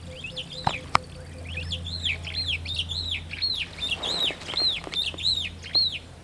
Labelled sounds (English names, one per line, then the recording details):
Superb Starling flight call
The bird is a male
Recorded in Kenya on 1 June 2010
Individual 56, of group MRC1